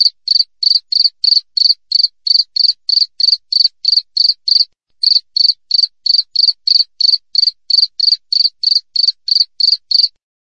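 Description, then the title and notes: Cricket chirps, shrill and clipped, coming roughly three per second with a single short break midway, the rhythm otherwise even against a silent background. Wild cricket recorded clearly with tight gaps between chirps, intended as a tutor recording for training songbirds and for repelling rats. "Masteran Jangkrik Alam Jernih, Jeda Rapat Cocok Untuk Masteran Burung Dan Mengusir Tikus. suara jangkrik"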